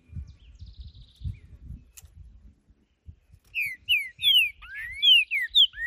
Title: Trinca Ferro Cantando na Natureza! Ideal para ESQUENTAR seu TRINCA!!